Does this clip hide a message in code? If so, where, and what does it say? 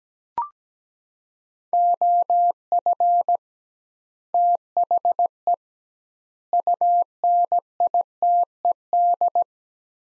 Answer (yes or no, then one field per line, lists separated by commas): yes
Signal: Morse code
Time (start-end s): 1.7-9.4 s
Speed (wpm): 17 wpm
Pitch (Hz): 700 Hz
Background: none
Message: OF THE UNITED